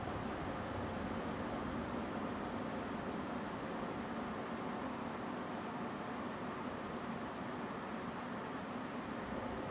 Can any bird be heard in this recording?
yes